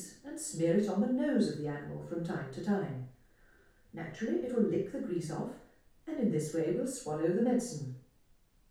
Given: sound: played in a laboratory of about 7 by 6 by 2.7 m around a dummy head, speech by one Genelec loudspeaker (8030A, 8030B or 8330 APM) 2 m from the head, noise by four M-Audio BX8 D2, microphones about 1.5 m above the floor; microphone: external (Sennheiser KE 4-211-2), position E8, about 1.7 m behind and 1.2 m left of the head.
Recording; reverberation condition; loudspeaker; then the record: female speech in English; medium; 120 degrees to the right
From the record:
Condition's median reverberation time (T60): about 510 ms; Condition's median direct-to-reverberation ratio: about -0.5 dB